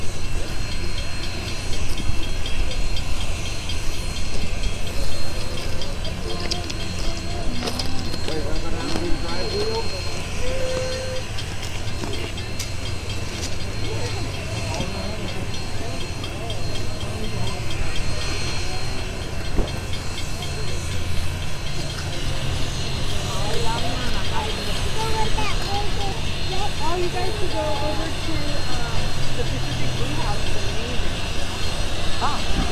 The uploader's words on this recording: 844 Big Boy, Pacific, MO. A stereo field recording from October 2016 in Pacific, Missouri. Union Pacific No. 844 approaching, sitting and then leaving, was made at the intersection of First Street and the train tracks.